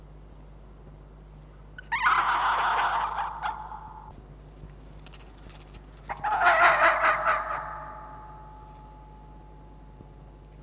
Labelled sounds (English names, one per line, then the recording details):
Red Fox
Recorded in captivity
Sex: diverse
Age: juvenile
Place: Zoologisches Institut der HUB, Berlin, DE
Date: 1956-05-16 12:45
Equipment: Elmetra
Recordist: Tembrock, Günter